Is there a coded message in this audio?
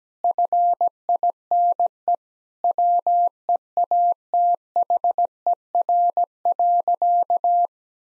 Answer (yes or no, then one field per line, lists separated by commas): yes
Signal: Morse code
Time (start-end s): 0.2-7.7 s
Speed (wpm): 17 wpm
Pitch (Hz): 700 Hz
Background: none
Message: FINE WEATHER.